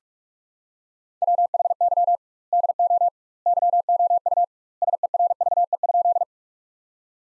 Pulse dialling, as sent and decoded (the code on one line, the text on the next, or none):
none